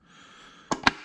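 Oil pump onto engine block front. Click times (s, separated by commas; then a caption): 0.7 s, 0.9 s. A Melling high-volume oil pump, still sitting with a gap at its mounting bosses, is pressed by hand onto the front of a 2012 Hemi 1500 engine block. After a quiet stretch, two sharp clicks are heard at 0.7 s and 0.9 s, the second louder. The pump snaps home and is seated on the block.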